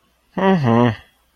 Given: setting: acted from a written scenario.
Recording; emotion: vocal sound without words; neutral